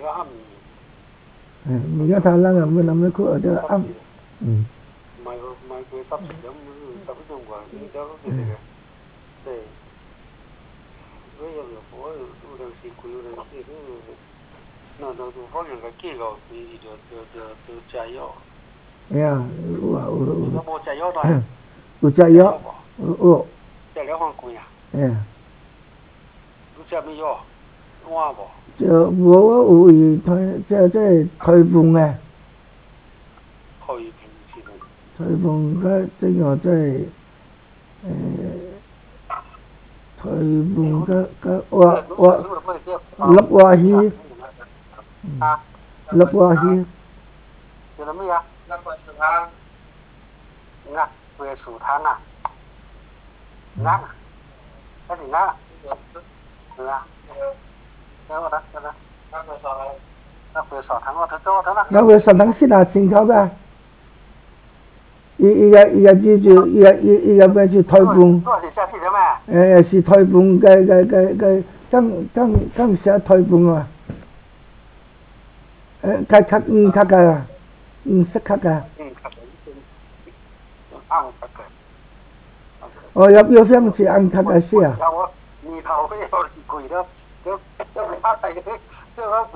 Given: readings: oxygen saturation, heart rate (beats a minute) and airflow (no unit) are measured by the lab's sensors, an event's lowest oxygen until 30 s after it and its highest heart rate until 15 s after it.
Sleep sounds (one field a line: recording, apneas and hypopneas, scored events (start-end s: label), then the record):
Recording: a person awake in a sleep study, by a voice recorder at the bedside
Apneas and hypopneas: none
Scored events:
0.00-89.56 s: awake
From the record:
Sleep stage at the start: awake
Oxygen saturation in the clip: 95 to 97%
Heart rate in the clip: 70 to 78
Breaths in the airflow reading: 28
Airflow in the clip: -5.0 to 5.6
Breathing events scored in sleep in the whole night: 270 in 6.1 hours asleep